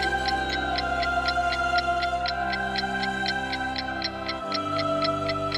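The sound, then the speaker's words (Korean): A clock ticks in a steady, even rhythm, roughly two crisp ticks per second, over sustained ringing chime tones that hold throughout, with a low tone dropping away near the end. “다시 시계가 울리고 이번에는 10명의 조언가들이 등장했어요.”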